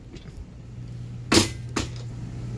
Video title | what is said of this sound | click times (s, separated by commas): The Coolest Feature in a RV? | grab this ladder pop into place and lock it in place right there and | 0.4 s, 2.0 s